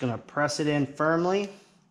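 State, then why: Not seated. Someone talks while the plastic plug of a Mercury VesselView Mobile wireless engine-data module is being pressed firmly toward the outboard engine's harness data connector. Only speech is heard; the plug has not seated or clicked yet.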